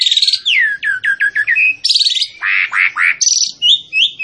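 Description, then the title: Asian pied starling song, a rapid string of descending whistled notes followed by buzzy rasping phrases and bright chirps, continuous throughout. Master recording for training captive birds. "Masteran Ampuh Jalak Suren"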